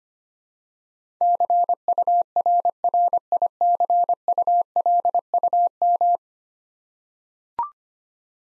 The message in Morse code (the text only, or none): CURRICULUM